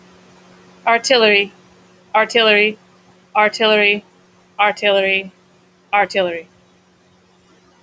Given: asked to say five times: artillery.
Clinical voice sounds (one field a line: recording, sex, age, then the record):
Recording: repeated word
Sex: female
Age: 30 to 39 years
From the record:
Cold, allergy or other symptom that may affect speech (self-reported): no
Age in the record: 36 years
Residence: Florida, United States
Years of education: 17